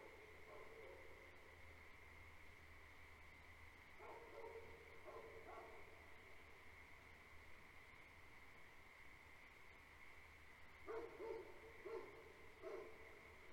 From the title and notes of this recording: Farm at Night. Two Great Pyrenees livestock guardian dogs bark for the first five minutes, then periodically throughout. Frog chorus fills the air. Recorded March, 2021.